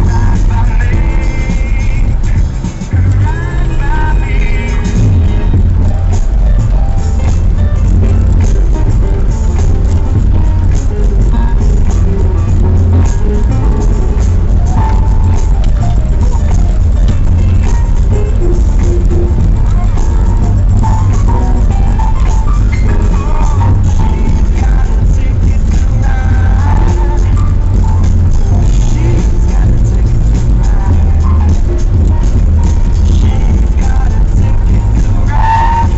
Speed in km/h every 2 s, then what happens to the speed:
20, 20, 22, 23, 23, 23, 24, 26, 26, 26, 26, 25, 24, 23, 24, 24, 24, 24.
0-36 steady at about 24.